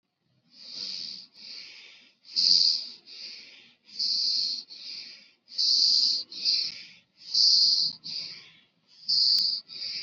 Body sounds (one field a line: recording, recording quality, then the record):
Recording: deep breathing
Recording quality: excellent, no background noise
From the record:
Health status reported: COVID-19 positive, no symptoms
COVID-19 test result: positive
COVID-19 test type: RT-PCR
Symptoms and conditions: sore throat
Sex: male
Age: 18 years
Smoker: no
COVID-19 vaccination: one dose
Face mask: worn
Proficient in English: no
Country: India